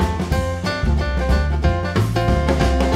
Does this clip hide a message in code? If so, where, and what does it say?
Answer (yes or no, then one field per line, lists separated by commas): no